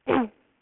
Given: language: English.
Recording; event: throat vibration sensor signal played as sound; throat clearing